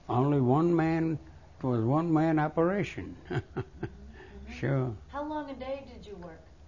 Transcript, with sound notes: Only one man, it was a one man operation. (He laughs,) Sure.
How long a day did you work?